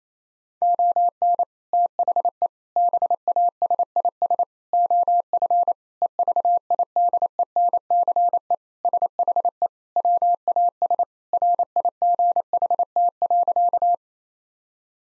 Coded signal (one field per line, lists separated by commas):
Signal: Morse code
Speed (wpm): 28 wpm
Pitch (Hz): 700 Hz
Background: none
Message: ON THE BASIS OF EVIDENCE SHE WAS RIGHT.